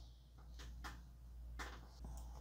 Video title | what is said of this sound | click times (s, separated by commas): Review Yami Yugi Kotobokiya (bootleg) | eu fui encaixou direitinho | 1.6 s